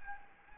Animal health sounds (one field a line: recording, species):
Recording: mosquito wingbeat signal from an infrared sensor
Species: Anopheles gambiae